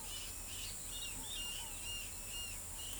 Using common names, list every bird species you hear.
Scaled Dove, Yellow-headed Caracara